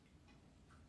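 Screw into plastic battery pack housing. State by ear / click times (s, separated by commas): not seated / none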